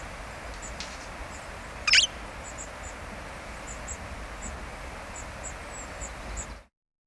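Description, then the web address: Red-fronted parrot giving a single sharp, harsh screech near the two-second mark, over steady background hiss and faint high ticking. "parrots poicephalus-gulielmi"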